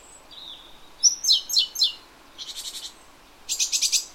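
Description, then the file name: Great tit with a thin whistle and several sharp descending notes, then two rapid buzzy churring bursts. "Parus major"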